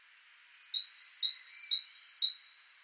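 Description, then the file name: Great tit call of bright two-note phrases, high note followed by a lower one, repeated four times. "Parus major"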